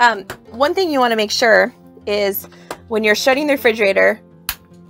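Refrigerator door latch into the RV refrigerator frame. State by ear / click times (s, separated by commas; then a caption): seated / 4.5 s. Someone talks while the RV refrigerator door is pushed shut, and its plastic latch catches in the frame with a sharp click at 4.5 s. The click confirms the door is closed.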